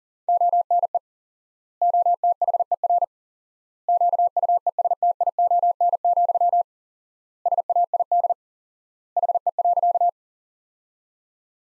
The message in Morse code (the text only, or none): ONE OTHER QUESTION, SAID HE.